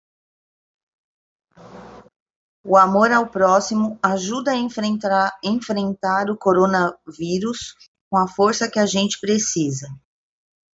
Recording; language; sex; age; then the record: spoken sentence; Brazilian Portuguese; female; 40 to 49 years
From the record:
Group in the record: control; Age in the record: 48 years